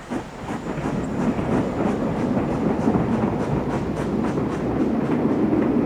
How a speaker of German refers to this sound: Der Bummelzug ratterte langsam durch die Ostmark.